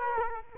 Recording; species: mosquito wingbeat signal from an infrared sensor; Culex quinquefasciatus